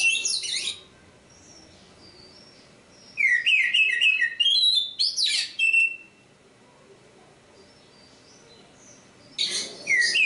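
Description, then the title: Oriental magpie-robin song in three loud bursts of sharp, varied whistles and chattering notes, separated by quiet gaps of a few seconds. Kacer Poci, national champion competition bird; singing gacor, with nembak and ngerol; seven kinds of kacer sound every three minutes. "Kacer Poci Gacor Nembak Dan Ngerol Juara Nasional. 7 macam suara kacer setiap 3 menit"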